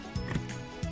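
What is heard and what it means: An Inmarsat IsatPhone 2 satellite phone is handled and pushed toward its vehicle antenna dock, where the antenna connection is made. Low tonal hum is broken by brief knocks and scrapes of handling near 0.2, 0.3, 0.5 and 0.8 seconds. Nothing has seated or clicked into the dock yet.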